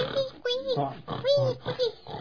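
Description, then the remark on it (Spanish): Piglets playing in a puddle of water grunt and oink in a quick, irregular run of short calls, some rising into thin, squealy whines, moderately loud throughout. “¡Puercos guaguas! Sí, jugando en el charco.”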